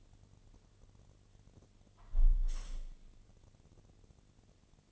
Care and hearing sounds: daily activity, microphone in the room; close window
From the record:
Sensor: 4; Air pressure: 1007.1 hPa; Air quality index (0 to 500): 182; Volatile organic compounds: 5 ppm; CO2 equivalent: 1817 ppm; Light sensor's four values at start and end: 23/73/28/27 and 23/73/28/27

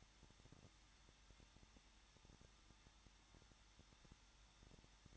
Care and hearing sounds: daily activity, microphone in the room; no activity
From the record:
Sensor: 3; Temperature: 21.2 degrees Celsius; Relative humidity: 36.4%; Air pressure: 1006.3 hPa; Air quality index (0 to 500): 223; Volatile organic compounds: 43 ppm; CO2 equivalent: 3191 ppm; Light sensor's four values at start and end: 2/3/2/2 and 2/3/2/2

